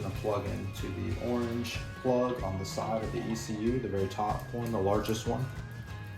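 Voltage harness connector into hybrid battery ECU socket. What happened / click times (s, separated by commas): The connector is being handled but has not clicked home yet / none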